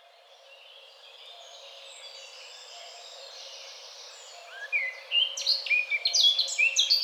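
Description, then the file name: Eurasian blackcap song building from faint, quiet twittering into a loud final flourish of quick, bright, high warbled notes at the end. "Sylvia atricapilla"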